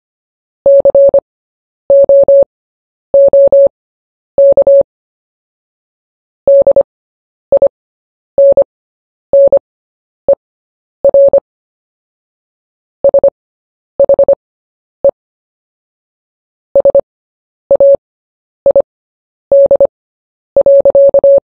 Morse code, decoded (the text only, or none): COOK DINNER SHE SAID.